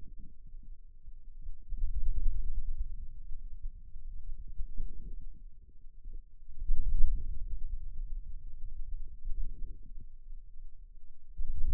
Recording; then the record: forearm muscle sounds (acoustic myography)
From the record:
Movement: wrist flexion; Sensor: system 2, bracelet of six BSWA MPA416 microphones around the upper forearm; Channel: 6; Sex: male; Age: 22 years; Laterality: right